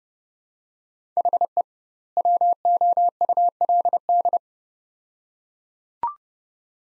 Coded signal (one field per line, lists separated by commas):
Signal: Morse code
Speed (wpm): 31 wpm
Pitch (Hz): 700 Hz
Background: none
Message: HE WOULD